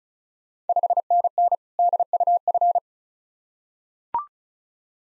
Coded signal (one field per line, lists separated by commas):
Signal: Morse code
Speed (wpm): 36 wpm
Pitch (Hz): 700 Hz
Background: none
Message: 5NN DUF